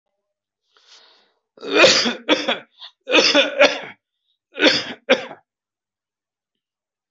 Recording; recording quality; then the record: heavy voluntary cough; excellent, no background noise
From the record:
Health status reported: healthy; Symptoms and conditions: none ticked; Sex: male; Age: 42 years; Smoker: not ticked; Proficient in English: yes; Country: India